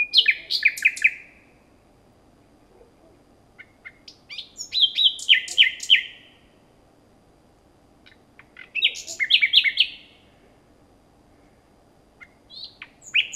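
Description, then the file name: Common nightingale delivering rich, varied phrases of rapid trills and sharp clicks, each burst lasting a second or two and separated by pauses, over a faint low hum. "Luscinia megarhynchos"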